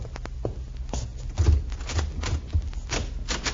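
A door is unlocked and opened: a run of sharp metallic clicks and rattles, then a low thump around the middle and a few more scattered taps and knocks. No one speaks.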